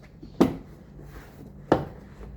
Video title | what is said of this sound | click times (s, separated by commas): How to replace front door power window motor in Kia Sportage | Once it is properly aligned, press firmly around the outer edges and along the bottom of the panel to snap all of the retaining clips back into the door. | 0.4 s, 1.7 s